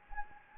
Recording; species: mosquito wingbeat signal from an infrared sensor; Anopheles gambiae